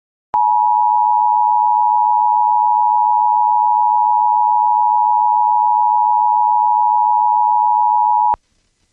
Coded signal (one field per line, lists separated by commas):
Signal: Emergency Alert System (SAME) tones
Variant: 853 and 960 Hz attention tone